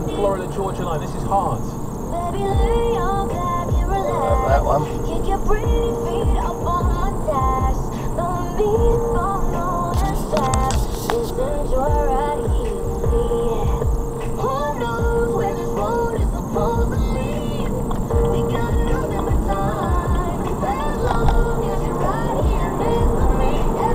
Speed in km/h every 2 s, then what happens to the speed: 34, 35, 39, 42, 42, 39, 39, 35, 37, 45, 53, 56.
0-6 speeds up to 42. 6-15 slows to 35. 15-24 speeds up to 56.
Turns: 13-18.